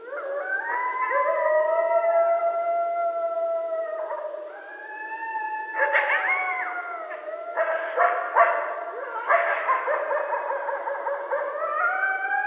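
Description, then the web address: Coyote group: long steady howls first, then excited broken yips and quavering howls layered together. Several coyotes at night on 12 November 2012. "Coyote 2012 11 12 Coyotes"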